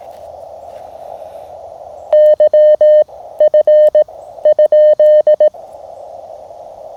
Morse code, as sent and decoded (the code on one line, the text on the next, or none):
-.-- / ..-. / ..--..
Y F ?